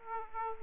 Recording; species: mosquito wingbeat signal from an infrared sensor; Aedes aegypti